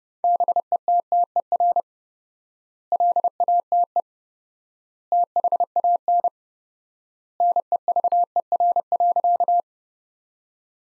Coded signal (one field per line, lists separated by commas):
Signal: Morse code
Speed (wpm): 30 wpm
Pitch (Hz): 700 Hz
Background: none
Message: BETTER LATE THAN NEVER.